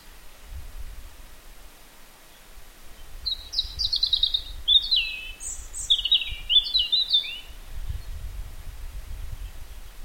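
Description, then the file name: European robin singing high, thin warbling phrases in the middle, with soft background rumble otherwise. "Erithacus rubecula"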